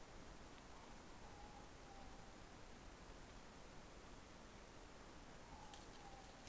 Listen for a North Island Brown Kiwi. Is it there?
no